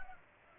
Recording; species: mosquito wingbeat signal from an infrared sensor; Culex pipiens